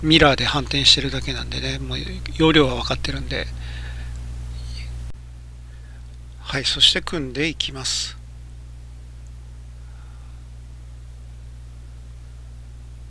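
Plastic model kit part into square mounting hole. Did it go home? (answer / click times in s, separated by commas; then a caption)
no / none. A plastic model kit part is handled during a snap-fit build before being pushed through a square mounting hole. Someone talks for most of the clip, with a faint short sound near 9.3 s in the quiet stretch afterward. Nothing has seated or clicked yet.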